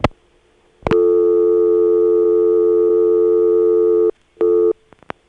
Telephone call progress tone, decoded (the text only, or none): dial tone